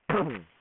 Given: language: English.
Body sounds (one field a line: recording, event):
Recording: throat vibration sensor signal played as sound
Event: throat clearing